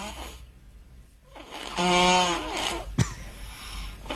A little kid snoring like a grown man. Sounds like Cro-Magnon man snoring. Little kid snoring like an old man.